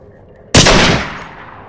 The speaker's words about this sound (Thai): หลังเสียงปืนดังสนั่นหวั่นไหวทุกอย่างเหมือนจะสงบลง